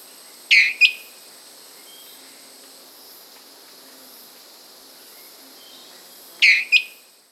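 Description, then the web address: Dwarf tyrant-manakin song: two brief high double notes, one near the start and another about six seconds later, over a steady high hum. Amazon; Peru, Brazil. "Birds of the Amazon 3. Dwarf Tyrant-Manakin (Tyranneutes stolzmanni), Peru, Brazil"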